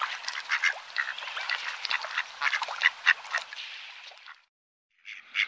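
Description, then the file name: Mallard quacking, a dense run of harsh, overlapping quacks for about four seconds, a short silence, then another burst of quacks. "Grasand"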